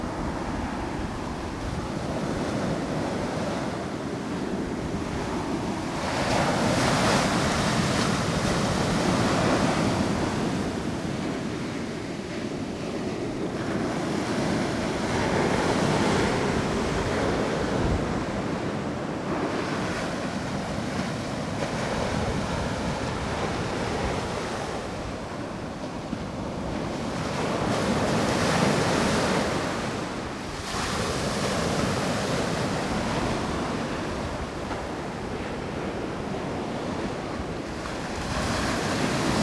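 High tide surf rolls against a seawall in broad, continuous washes, swelling every few seconds with bright hissing surges over a deep, steady rumble and wind.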